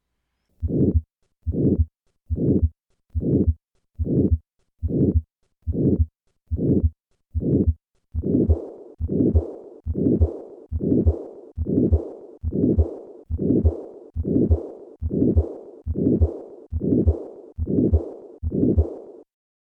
The sound of combined aortic stenosis and regurgitation.